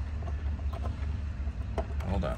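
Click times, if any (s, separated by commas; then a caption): none. A mechanic plugs a twisted gauge jumper-cable connector into the socket on the back of a Freightliner Cascadia truck dash gauge, expecting it to click into place. Someone talks over a steady low rumble, with a few brief faint knocks. No click is heard and the connector has not clicked, though it looks inserted.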